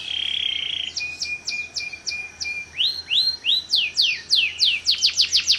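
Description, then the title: Canary song starting with a flat whistled tone, then repeated short clicks, rising slurred notes and a quickening run of sharp downslurs. Kalitan (tutor) canary singing loudly (gacor) with a long song. "Kenari Kalitan Gacor Suara Panjang"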